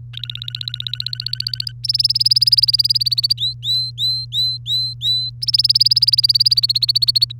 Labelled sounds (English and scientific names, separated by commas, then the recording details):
Domestic Canary (Serinus canaria) song
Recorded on 3 May 2018 at 09:53
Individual llb3